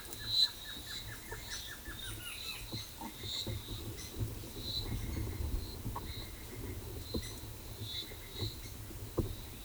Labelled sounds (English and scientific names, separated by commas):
Black-crested Antshrike (Sakesphorus canadensis)